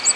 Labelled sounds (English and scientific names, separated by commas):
Ovenbird (Seiurus aurocapilla) flight call